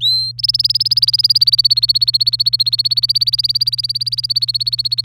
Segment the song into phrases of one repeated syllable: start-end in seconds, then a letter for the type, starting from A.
0.01-0.31 A, 0.38-5.04 B